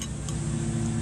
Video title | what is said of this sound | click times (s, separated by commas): HOW TO REPAIR FIX CLEAN TEARDOWN TAKE APART REASSEMBLE PUT TOGETHER BRIGGS STRATTON STARTER MOTOR | showed me that this was the washer that went in there and sure enough pops | 0.0 s, 0.3 s